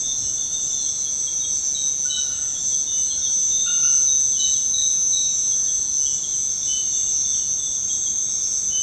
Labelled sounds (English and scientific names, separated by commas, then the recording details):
none
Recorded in secondary vegetation near Puerto Asís, Putumayo, Colombia, on 21 February 2024 at 00:00
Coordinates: 0.472, -76.331
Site G6371